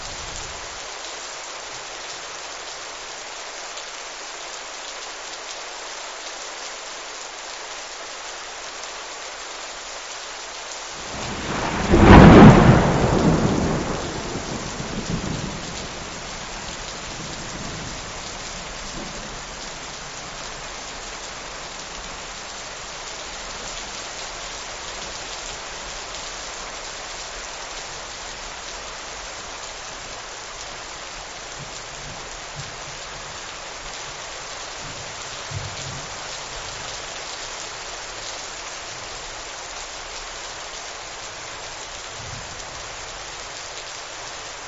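Heavy rain hisses steadily throughout, a dense, even wash of drops. Around twelve seconds a thunderclap cracks and rolls off over the next few seconds, with a faint low rumble returning near thirty-five seconds.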